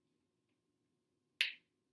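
A cardboard-tube bobbin with a magnetic end is pushed onto the flyer shaft of a Spinolution Echo spinning wheel. After near silence, a single sharp, bright click sounds at 1.4 seconds and fades within about a quarter second. The bobbin is seated on the flyer.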